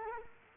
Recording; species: mosquito wingbeat signal from an infrared sensor; Culex quinquefasciatus